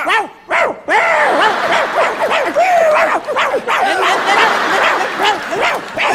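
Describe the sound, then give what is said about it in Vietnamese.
A voice imitates a dog, letting out a rapid, continuous stream of yapping barks and yips with rising and falling pitch, loud and unbroken for several seconds. “Bây giờ lò heo chánh hưng, không ngờ là lộn vô là ngã 5 chuồng chó.”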